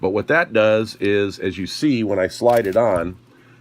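A 3D-printed plastic skin section is being slid onto a lightsaber hilt, where it is meant to click into place over raised ribs. For the whole clip, someone talks and no click or other sudden sound is heard. Nothing has seated or clicked yet.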